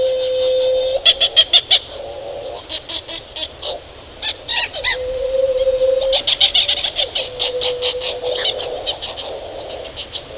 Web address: galapagos petrel